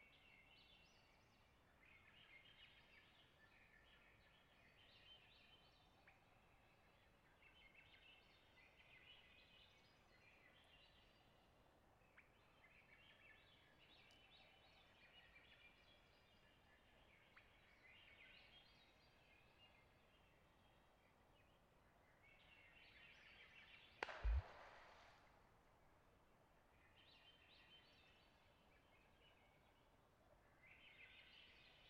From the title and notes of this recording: Beaver - tail slaps. The sounds of Springtime Alaskan boreal taiga in the twilight. Nearby swam a pair of loons. A beaver circled, territorially slapping the water with its tail. Location: Long Lake, Talkeetna, AK Weather: variable over the course of the night, 49-61°F, light to no wind.